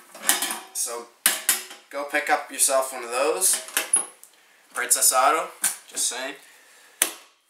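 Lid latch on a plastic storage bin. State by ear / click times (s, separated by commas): seated / 7.0 s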